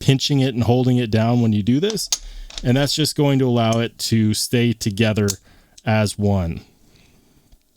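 Someone talks while reassembling a Spyderco Para 3 Lightweight folding knife with new lightweight handle scales, pinching and holding the lock bar down while pushing the pivot into the scales. Two faint ticks come near the end, at about 7.0 s and 7.6 s. Nothing has seated or snapped into place yet.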